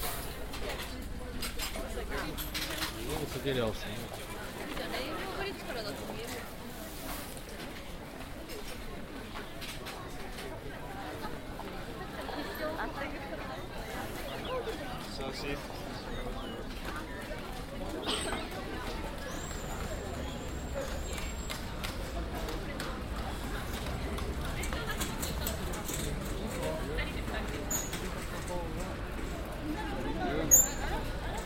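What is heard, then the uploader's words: A street scene in the Asakusa district of Tokyo, where many voices talk at once in a steady crowd murmur. Footsteps and small clacks tap through it, and brief bright metallic clinks sound near the end. Approaching Sensō-ji. A binaural field recording recorded in the Asakusa district of Tokyo, Japan.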